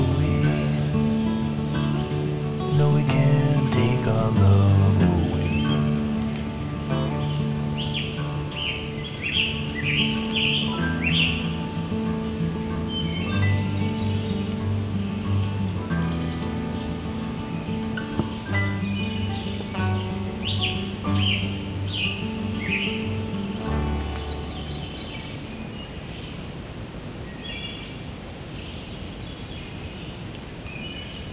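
Scarlet Tanagers and other songbirds sing bright chirping phrases in bursts over a steady low hum that drops away after about twenty-four seconds.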